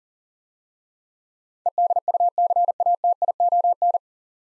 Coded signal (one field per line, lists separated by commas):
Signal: Morse code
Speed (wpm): 41 wpm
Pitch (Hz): 700 Hz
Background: none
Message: EDUCATION